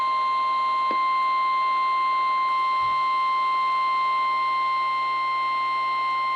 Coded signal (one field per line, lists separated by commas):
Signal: Emergency Alert System (SAME) tones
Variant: 1050 Hz attention tone